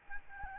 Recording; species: mosquito wingbeat signal from an infrared sensor; Aedes albopictus